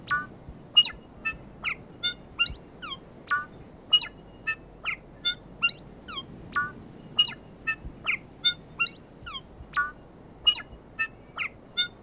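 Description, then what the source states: Bellbird repetitive calls, clear chiming notes that slide downward, given in quick irregular succession throughout, over a faint constant background hiss. Repetitive call, recorded in 2019.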